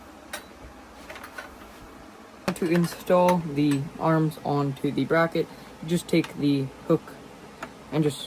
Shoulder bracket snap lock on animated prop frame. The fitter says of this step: Just press the snap lock and you'll hear the click.